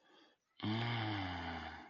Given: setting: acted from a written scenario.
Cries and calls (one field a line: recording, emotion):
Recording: vocal sound without words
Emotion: serenity